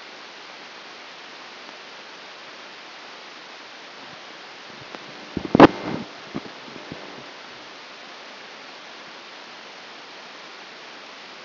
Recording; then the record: brain microelectrode recording played as sound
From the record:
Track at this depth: inside the subthalamic nucleus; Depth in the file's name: 0.601 mm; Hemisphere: left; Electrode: 2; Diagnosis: Parkinson's disease